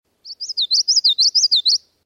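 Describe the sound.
Common Yellowthroat song, a high, rapid run of several rolling up-and-down notes in a steady rhythm, lasting under two seconds.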